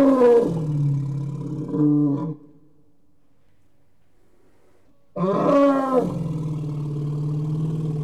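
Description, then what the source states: Elephant calls: a harsh, blaring trumpet with rich harmonics opens, a shorter burst follows, then after a quiet gap a second loud trumpet settles into a deep rumbling growl. Trumpets and growls.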